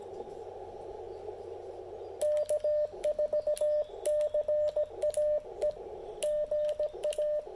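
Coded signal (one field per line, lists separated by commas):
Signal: Morse code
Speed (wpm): 17 wpm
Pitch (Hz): 600 Hz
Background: radio noise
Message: K4CAE GA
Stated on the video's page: QRP CW park activation using an Icom IC-705 and CHA MPAS 2.0 antenna, making DX contacts despite poor propagation.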